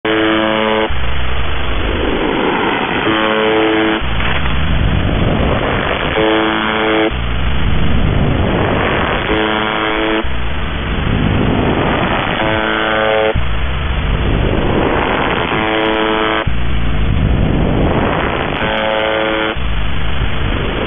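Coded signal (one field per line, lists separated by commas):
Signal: channel marker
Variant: UVB-76 (The Buzzer)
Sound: short harsh buzzes repeating about every three seconds, separated by rushing FM hiss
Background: radio static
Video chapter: 00:00 - The Buzzer in FM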